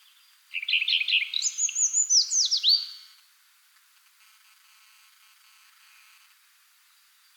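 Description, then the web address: Redstart song phrase: a high pure note, then rapid descending notes and high whistled slurs. A single bright note begins the next phrase at the very end. "animal-sound redstart-sound"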